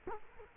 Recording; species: mosquito wingbeat signal from an infrared sensor; Culex quinquefasciatus